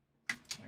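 A 3D-printed part is pressed into its printed holder, giving a sharp snap at 0.3 s, followed by two weaker clicks around 0.5 s and 0.7 s. The part is pushed in but is not fully home.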